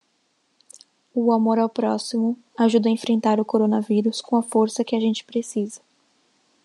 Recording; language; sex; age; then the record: spoken sentence; Brazilian Portuguese; female; 20 to 29 years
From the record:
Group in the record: control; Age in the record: 23 years